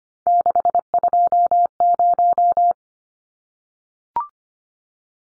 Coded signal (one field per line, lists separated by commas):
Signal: Morse code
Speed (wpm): 25 wpm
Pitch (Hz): 700 Hz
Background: none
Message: 620